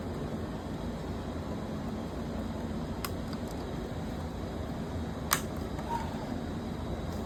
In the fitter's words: Okay, that's a click.